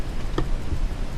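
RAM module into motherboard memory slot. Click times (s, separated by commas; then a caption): 0.4 s. A RAM module is pushed hard into the motherboard memory slot of an HP AP500 POS terminal until the white retaining tabs snap shut. A single sharp click sounds at 0.4 s over a steady background hiss. The module is seated.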